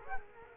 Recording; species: mosquito wingbeat signal from an infrared sensor; Culex quinquefasciatus